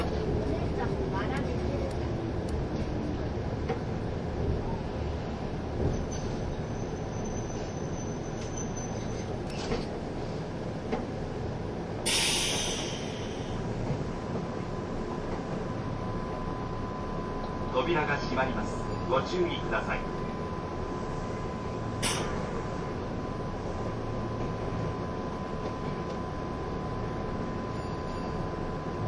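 A train runs steadily, its dense low rumble and rolling noise holding an even level throughout. Brief bright hissing bursts cut through near 12 and 22 seconds, with a cluster of clattering knocks around 18–19 seconds, and faint voices sit in the background.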